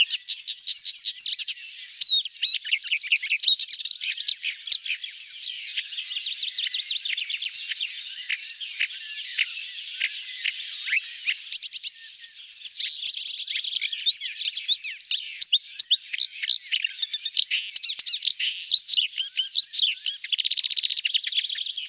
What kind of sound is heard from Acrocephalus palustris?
song